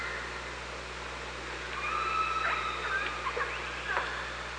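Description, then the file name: Killer whale sounds: thin steady tones and short bending calls mixed with scattered clicks, against a constant low hum. OrcaLab hydrophone at Parson Island, 24 August 2017, 15:35. "Orca Lab UTLN 20170824 153516 h 3 PI ORCALABDYNI"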